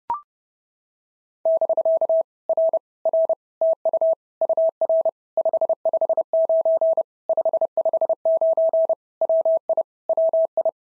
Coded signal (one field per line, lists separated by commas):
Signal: Morse code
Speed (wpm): 30 wpm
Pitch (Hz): 650 Hz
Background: none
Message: <BK> R R TU UR 559 559 WI WI